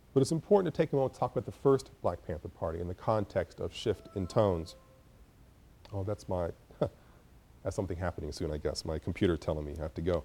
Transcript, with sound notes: But it’s important to take a moment to talk about the first Black Panther Party in the context of shift and tones. [computer beeps] Oh, that’s my–I have something happening soon, I guess, my computer telling me I have to go.